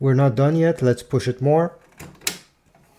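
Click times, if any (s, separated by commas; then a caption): 2.3 s. A plastic ink cartridge in a Canon MAXIFY MB2720 inkjet printer's cartridge slot is pushed further in with one finger while someone talks. A sharp click at 2.3 s marks the ink cartridge snapping home and locking, seated.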